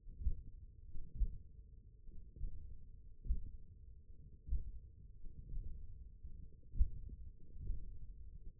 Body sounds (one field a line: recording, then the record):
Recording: forearm muscle sounds (acoustic myography)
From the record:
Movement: hook grip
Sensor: system 1, eight BSWA MPA416 microphones around the upper forearm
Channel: 5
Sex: male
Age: 20 years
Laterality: left